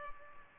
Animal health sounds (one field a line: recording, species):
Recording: mosquito wingbeat signal from an infrared sensor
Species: Culex pipiens